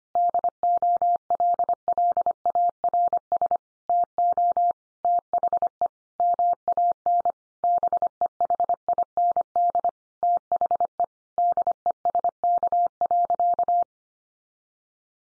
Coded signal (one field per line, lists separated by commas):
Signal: Morse code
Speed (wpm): 25 wpm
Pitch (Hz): 700 Hz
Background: none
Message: DOLLARS TO THE MAN BEHIND THE DESK.